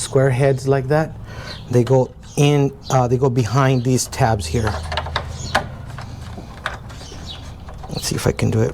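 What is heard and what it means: Someone talks while a square clip nut is handled by hand against a plastic mounting tab on an American Modified 09-14 Raptor-style mesh grille with amber lights and emblem base for an F150. Short, sharp handling taps and knocks follow between about 5.0 and 6.7 seconds. The clip nut has not snapped onto the tab yet; nothing has seated.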